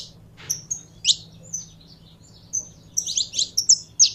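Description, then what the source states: Belgian canary giving a few sparse high chirps, then a quicker run of sharp notes near the end, steady low hum in the background. Song of a purebred Belgian canary.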